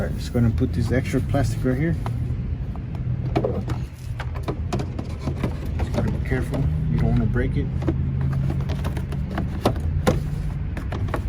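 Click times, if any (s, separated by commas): none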